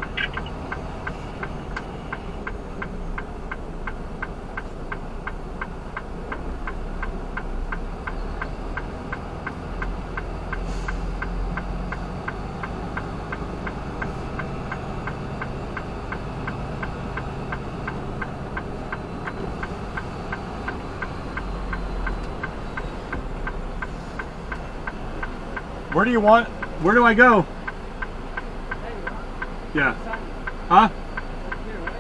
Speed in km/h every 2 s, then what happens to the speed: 5, 3, 3, 3, 5, 5, 6, 6, 6, 8, 6, 3, 3, 0, 0, 0.
0-20 steady at about 5. 20-26 slows to 0. 26-32 standing.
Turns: none.